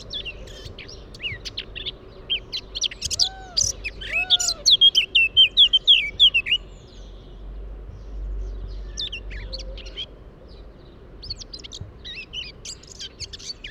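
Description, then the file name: Eurasian blackcap warbling song that builds into loud, clear whistled notes, then fades. Two low fluty whistles come partway through, and quieter twittering follows. "Sylvia atricapilla"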